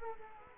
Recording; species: mosquito wingbeat signal from an infrared sensor; Culex quinquefasciatus